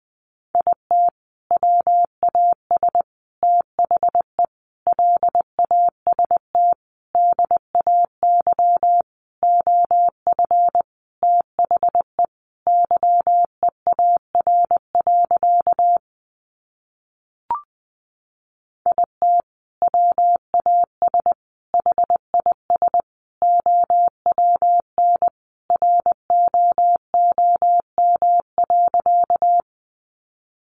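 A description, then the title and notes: Words sent in Morse code: a steady mid-pitched tone keyed on and off in short dots and longer dashes, grouped with brief gaps between letters. The keying runs for about sixteen seconds, pauses with a single faint click, then resumes until near the end. Sentences from Top 300 Words 20wpm. First, the words are sent in Morse code.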